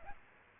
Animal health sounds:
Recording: mosquito wingbeat signal from an infrared sensor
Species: Aedes aegypti

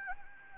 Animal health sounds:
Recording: mosquito wingbeat signal from an infrared sensor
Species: Anopheles gambiae

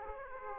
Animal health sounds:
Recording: mosquito wingbeat signal from an infrared sensor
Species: Aedes aegypti

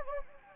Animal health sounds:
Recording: mosquito wingbeat signal from an infrared sensor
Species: Anopheles gambiae

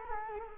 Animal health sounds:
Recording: mosquito wingbeat signal from an infrared sensor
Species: Culex quinquefasciatus

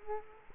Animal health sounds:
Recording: mosquito wingbeat signal from an infrared sensor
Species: Culex quinquefasciatus

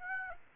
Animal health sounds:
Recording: mosquito wingbeat signal from an infrared sensor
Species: Aedes aegypti

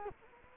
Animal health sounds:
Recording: mosquito wingbeat signal from an infrared sensor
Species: Culex quinquefasciatus

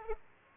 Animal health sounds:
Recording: mosquito wingbeat signal from an infrared sensor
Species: Aedes aegypti

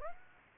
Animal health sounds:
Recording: mosquito wingbeat signal from an infrared sensor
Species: Aedes aegypti

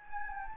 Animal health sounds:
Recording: mosquito wingbeat signal from an infrared sensor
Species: Anopheles gambiae

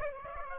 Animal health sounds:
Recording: mosquito wingbeat signal from an infrared sensor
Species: Aedes aegypti

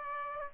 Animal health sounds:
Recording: mosquito wingbeat signal from an infrared sensor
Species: Aedes aegypti

